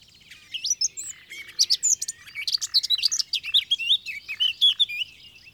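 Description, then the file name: Eurasian blackcap delivering a continuous, lively warble mixing clear whistled notes with rapid clicking chirps. "Sylvia atricapilla"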